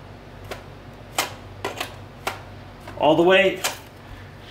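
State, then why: Seated. The hose end of a SEBO Felix 1 upright vacuum cleaner (models 9809, 90807, 9808am, ET-1) is pushed into its socket on the upright body, where it presses the power switch for the power head. It seats with a sharp click at 1.2 s, showing it is fully in, since otherwise the switch will not actuate. Lighter taps and clicks occur around 0.5, 1.7, 1.8 and 2.3 s, and someone talks near the end.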